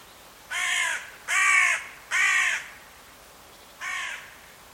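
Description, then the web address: Bird calling with four harsh, drawn-out caws, three in quick succession and a last one after a short pause; each is raspy and rich in overtones, with a quiet background. "Deverinetal 2025 File origin Bird Only"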